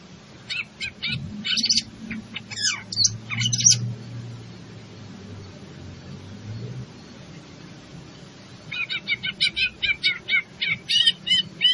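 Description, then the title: Greater green leafbird song with sharp high chips and twitters at first, a quiet gap with low hum, then a rapid run of clicking, chattering notes. In full song. "Cucak Ijo Gacor"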